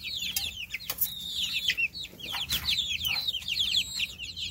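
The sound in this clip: Chicks peeping: a dense chorus of high, shrill cheeps overlapping continuously.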